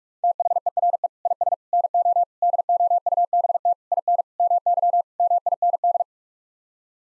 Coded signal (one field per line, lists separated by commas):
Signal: Morse code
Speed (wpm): 46 wpm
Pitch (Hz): 700 Hz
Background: none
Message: THERE IS NO DOUBT IN MY MIND